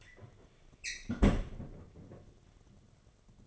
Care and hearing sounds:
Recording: daily activity, microphone in the room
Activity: close fridge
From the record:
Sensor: 4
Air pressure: 1005.5 hPa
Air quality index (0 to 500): 174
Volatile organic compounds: 5 ppm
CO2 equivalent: 1713 ppm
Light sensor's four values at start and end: 5/11/4/4 and 6/13/5/4

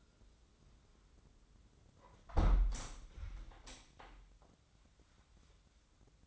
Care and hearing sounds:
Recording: daily activity, microphone in the room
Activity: close window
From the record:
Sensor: 3

